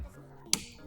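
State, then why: Seated. After a wedge-type AUXITO LED back-up bulb is plugged into its socket, a part in the tail light area, either the bulb socket or a trim piece, is pushed back into place. A single sharp click sounds at 0.5 s over a quiet background, and the part is seated.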